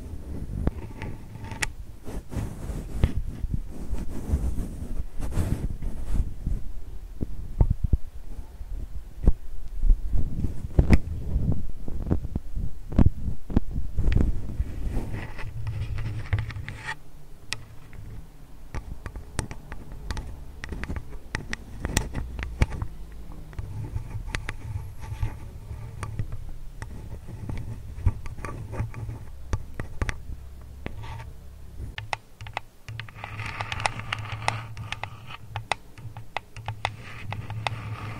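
Dense tapping and scratching, quick irregular knocks over a low rumble, busiest in the first fifteen seconds, then sparser with faint hiss.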